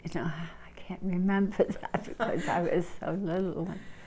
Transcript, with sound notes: you know, I can't remember that (she laughs) because I was a little one.